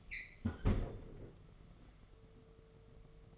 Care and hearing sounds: daily activity, microphone in the room; close fridge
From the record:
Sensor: 4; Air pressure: 1015.9 hPa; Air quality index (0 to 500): 192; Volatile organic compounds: 10 ppm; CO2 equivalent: 2219 ppm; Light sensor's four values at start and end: 18/41/17/18 and 17/40/17/18

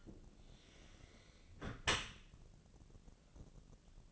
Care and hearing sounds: daily activity, microphone in the room; close dishwasher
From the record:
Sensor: 4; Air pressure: 1013.2 hPa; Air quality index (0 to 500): 176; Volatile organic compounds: 2 ppm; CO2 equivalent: 1105 ppm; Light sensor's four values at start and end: 72/179/74/76 and 73/180/74/76

